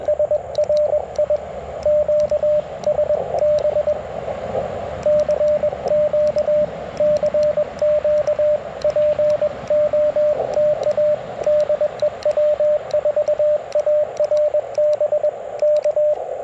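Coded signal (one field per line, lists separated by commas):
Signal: Morse code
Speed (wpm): 21 wpm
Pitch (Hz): 600 Hz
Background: radio noise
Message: SRI QSB CQ CQ POTA DEW4ARB K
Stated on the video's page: CW POTA activation on a Ten-Tec Argonaut V with full break-in QSK, BaMaKeY TP-III paddle, and MC-750 antenna.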